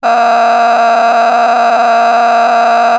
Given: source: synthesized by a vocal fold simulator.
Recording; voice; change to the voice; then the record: sustained vowel; female; a random mix of aspiration noise, stiffness perturbation and strain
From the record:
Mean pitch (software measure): 233 Hz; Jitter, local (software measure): 2.91%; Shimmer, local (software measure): 12.1%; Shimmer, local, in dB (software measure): 1.08 dB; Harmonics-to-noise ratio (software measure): 10.0 dB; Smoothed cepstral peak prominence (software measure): 11.4 dB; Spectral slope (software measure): -17.6 dB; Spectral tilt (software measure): -9.5 dB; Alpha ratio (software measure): -8.1 dB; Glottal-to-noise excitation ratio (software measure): 0.930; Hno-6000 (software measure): 1.8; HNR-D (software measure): 31.0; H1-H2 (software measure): -1.6 dB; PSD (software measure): 1.5e-04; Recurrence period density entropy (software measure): 0.122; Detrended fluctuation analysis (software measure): 0.0116